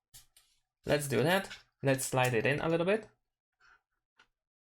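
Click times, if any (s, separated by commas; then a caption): none. A microSD card is slid a little way into the card slot of a Nintendo Switch handheld game console, partway in and not yet pushed home. Someone talks, with faint brief handling ticks near 0.4 s and 4.2 s. Nothing has clicked or seated yet.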